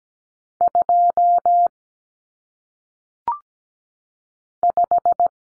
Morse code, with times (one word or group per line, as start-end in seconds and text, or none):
0.6-1.7 2
4.6-5.3 5